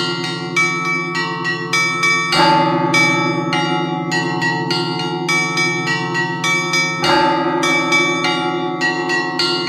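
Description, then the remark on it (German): Several church bells in a bell tower in Finland, rung by a monk harnessed into a frame who pulls the mechanisms with his hands and feet, ring together in a continuous, overlapping peal, bright strikes layered over a deep sustained hum, with two heavier clangs standing out. No voices. “Ich sage vielleicht dazu, was man hört, ein Mönch ist da im Glockenturm und der spannt sich irgendwie in so ein Gestell ein und zieht mit Händen und Füßen da diese Mechanismen, um die Glocken in Bewegung zu setzen.”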